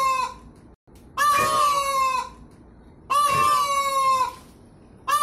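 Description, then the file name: Peahen giving loud wailing honks, each held about a second with a slight downward slide, repeated about every two seconds. "tieng chim cong mai keu"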